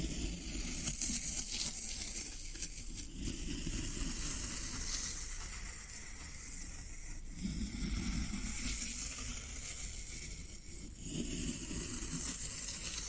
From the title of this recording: Floral Foam Sounds